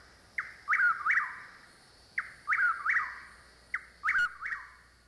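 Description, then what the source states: Chuck-will's-widow giving its loud whistled three-part phrase three times, each a brief note then two swooping slurs. Heard over a chorus of frogs.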